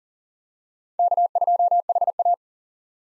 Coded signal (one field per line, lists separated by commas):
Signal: Morse code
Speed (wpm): 40 wpm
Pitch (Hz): 700 Hz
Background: none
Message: K2HA